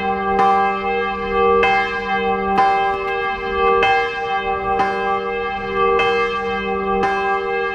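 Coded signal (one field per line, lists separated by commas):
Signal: clock strike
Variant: swinging bronze bell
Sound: a large bell struck about seven times, roughly once a second, each ringing on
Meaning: Strikes announce the hour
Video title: 《大港迴聲 整點報時》搖擺鐘 @ 大港迴聲音樂銅鐘廣場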